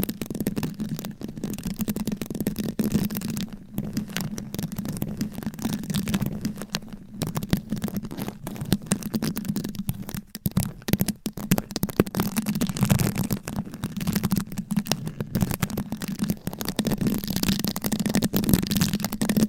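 Fast, aggressive scratching with nails across microphone covers, a dense, continuous rasp with rapid strokes and frequent short breaks. A steady low hum runs underneath throughout, and the scratching brightens and thickens in the last few seconds.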